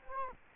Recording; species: mosquito wingbeat signal from an infrared sensor; Culex quinquefasciatus